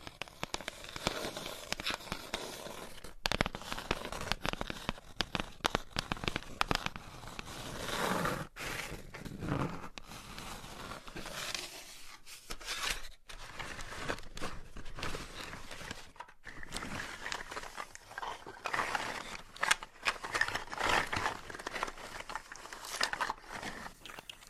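Dense scratching and tapping on dry pasta, crisp crackly clicks in rapid irregular bursts with brief pauses.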